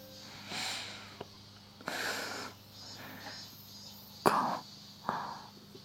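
Soft, breathy panting close to the ear: four airy exhalations in an uneven rhythm, each swelling and fading over a quiet background, with no words spoken.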